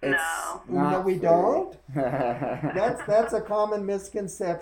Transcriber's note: laughter